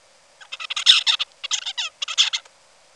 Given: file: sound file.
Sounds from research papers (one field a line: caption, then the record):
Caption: Song of bird #6 (56 days post-hatch).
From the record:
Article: Common Features of Neural Activity during Singing and Sleep Periods in a Basal Ganglia Nucleus Critical for Vocal Learning in a Juvenile Songbird